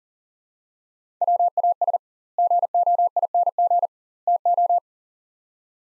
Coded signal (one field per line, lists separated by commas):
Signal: Morse code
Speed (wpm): 39 wpm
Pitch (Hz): 700 Hz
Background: none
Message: WAS GOING TO